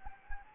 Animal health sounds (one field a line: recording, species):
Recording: mosquito wingbeat signal from an infrared sensor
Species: Anopheles gambiae